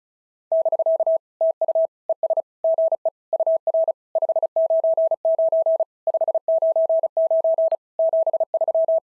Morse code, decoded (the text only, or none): <BK> TU ES GE UR 599 599 73